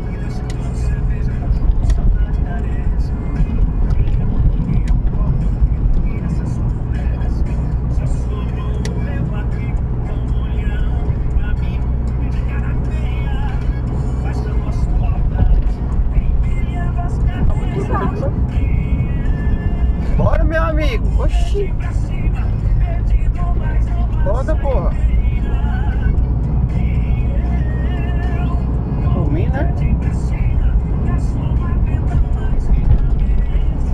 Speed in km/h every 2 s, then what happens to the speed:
69, 67, 67, 67, 69, 70, 71, 70, 70, 70, 60, 60, 63, 70, 70, 71, 71.
0-18 steady at about 69. 18-20 brakes to 60. 22-26 speeds up to 70. 26-34 steady at about 70.